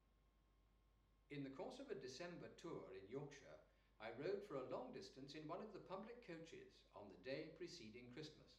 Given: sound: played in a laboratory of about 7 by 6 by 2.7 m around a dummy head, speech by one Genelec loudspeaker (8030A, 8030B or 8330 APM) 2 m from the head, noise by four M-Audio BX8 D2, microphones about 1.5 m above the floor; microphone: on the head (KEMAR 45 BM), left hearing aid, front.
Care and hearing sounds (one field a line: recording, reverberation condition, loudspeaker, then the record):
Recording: male speech in English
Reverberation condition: medium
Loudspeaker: 60 degrees to the left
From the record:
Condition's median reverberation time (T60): about 510 ms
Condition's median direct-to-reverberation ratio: about -0.5 dB